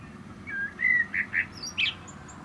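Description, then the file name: Common blackbird song phrase: a soft, drawn-out whistle, two rounded fluty notes, then a brief, thin, high twitter. "Turdus merula"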